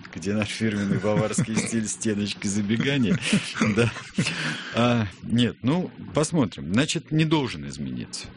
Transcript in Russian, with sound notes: Где наш фирменный баварский стиль стеночкой забегания, да? (смеется) Нет, ну, посмотрим. Значит, не должен измениться.